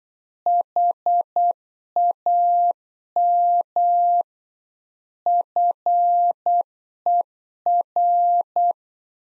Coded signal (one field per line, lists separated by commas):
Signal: Morse code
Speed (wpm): 8 wpm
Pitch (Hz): 700 Hz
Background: none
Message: HAM FER